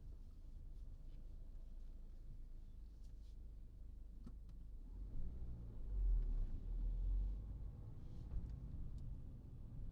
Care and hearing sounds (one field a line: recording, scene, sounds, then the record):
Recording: everyday scene through a hearing-aid microphone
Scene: in a vehicle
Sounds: driving off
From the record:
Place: Berlingo II, diesel engine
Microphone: in the ear canal, right